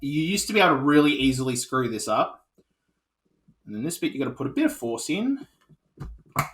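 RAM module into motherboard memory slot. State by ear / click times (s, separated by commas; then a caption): not seated / none. A RAM memory module is handled over a motherboard memory slot while someone talks, with a short sharp transient near the end at about 6.4 s. The module has not seated or clicked into the slot yet.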